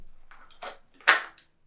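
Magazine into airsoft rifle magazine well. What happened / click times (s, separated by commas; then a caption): The magazine clicks into place / 1.1 s. An airsoft sniper rifle magazine is pushed into the magazine well, with a few soft scraping and tapping sounds before a sharp, bright click at 1.1 s as it clicks into place. A fainter tick follows at about 1.4 s. The magazine is reported to seat but then reluctantly spring back out.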